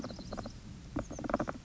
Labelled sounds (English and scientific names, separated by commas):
Oak Titmouse (Baeolophus inornatus)